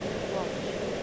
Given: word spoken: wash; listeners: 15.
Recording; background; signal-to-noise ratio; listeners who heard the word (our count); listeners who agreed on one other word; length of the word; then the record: one English word in noise, from a listening test; speech-shaped noise; -6.7 dB; 4 of 15; 9 of 15; 0.63 s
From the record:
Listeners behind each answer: 9, 4, 1, 1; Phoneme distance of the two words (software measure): 10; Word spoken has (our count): 1 syllable, 3 phonemes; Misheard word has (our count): 1 syllable, 3 phonemes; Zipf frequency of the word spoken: 4.54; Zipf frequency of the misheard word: 5.30